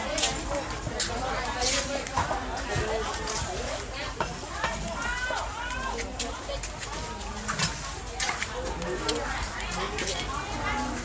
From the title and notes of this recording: Harbour market, Kep, Cambodia in August 2022 – by Oliver Young and Lauren Lai.